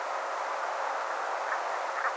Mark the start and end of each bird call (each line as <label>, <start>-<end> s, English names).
Brent Goose, 1.50-1.56 s
Brent Goose, 1.96-2.09 s